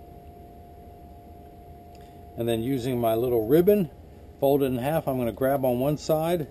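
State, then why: Not seated. A prescription anti-glare lens is tucked into the top of a size 52, color 2503 Ray-Ban 8412 half-rim eyeglass frame, and a ribbon is folded in half before the lens is pulled in. After about 2.4 seconds of quiet low hum, someone talks. Nothing has seated or clicked yet.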